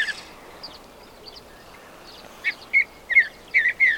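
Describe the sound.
Bird starts with faint scattered notes, then delivers a rapid string of loud, clear chirps toward the end.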